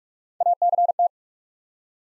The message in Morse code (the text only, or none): ACT